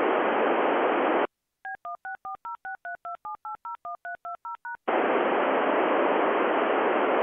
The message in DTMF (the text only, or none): B16406327801320#